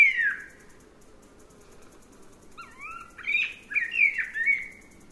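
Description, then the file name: Eurasian blackbird song: a falling whistled note, a pause, then a burst of rich fluty warbles and twittering flourishes, clear over a quiet background. "Turdus merula"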